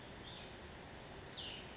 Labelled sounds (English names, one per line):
Cassin's Vireo